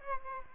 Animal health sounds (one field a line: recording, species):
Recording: mosquito wingbeat signal from an infrared sensor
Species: Aedes aegypti